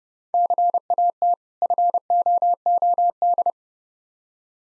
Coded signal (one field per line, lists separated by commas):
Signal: Morse code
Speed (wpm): 30 wpm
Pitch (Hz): 700 Hz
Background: none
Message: CAT FOOD